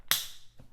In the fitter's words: if you hear that click it's clicked into place right now